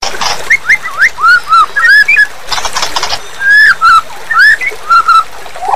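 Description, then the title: White-eye singing in short bursts of slurred whistled phrases, separated by brief pauses. Ngerol style song, described as wild (ngalas). "Suara Burung Pleci Ngerol Ngalas"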